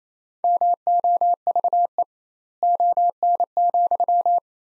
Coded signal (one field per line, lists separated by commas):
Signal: Morse code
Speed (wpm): 28 wpm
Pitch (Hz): 700 Hz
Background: none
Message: MOVE ON,